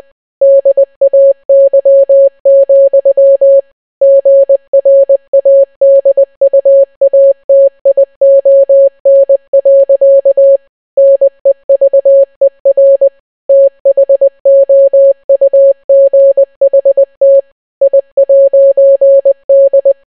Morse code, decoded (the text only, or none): DAY, GRADUATION. NEVER THOUGHT I'D